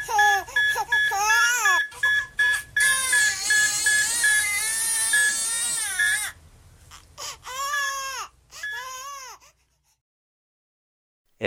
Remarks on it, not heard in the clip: Alarming telemetry, particularly with tachycardia, is often a very irksome sound in the background. How about a crying baby and alarming telemetry? An audio cue I used for my procedural practice.